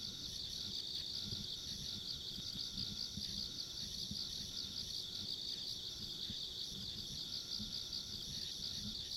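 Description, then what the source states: Insects keep up a constant high-pitched pulsing trill, layered with a fainter, even higher tone, against steady low rumbling background noise. Ambient insect sounds recorded along a rural country road.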